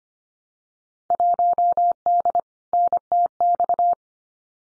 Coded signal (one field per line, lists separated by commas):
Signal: Morse code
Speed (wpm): 25 wpm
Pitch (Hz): 700 Hz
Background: none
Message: 1D NTX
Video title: Field Day Exchange 25wpm